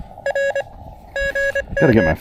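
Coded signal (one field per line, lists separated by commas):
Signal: Morse code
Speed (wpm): 20 wpm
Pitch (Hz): 590 Hz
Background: speech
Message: R GM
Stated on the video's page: POTA park activation on CW with an Elecraft KX2, AX1 antenna and Begali Traveler key.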